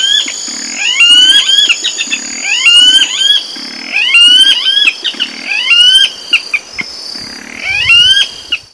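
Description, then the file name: Blackish rail calling, a loud series of squealing, rising notes repeated in bursts, with higher chirps. "Pardirallus-nigricans-NCunha PESM. ASilveira"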